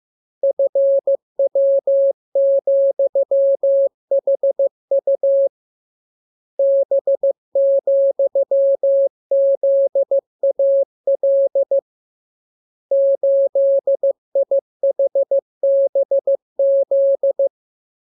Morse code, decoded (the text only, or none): FW,HU B,ZAL 8IHBZ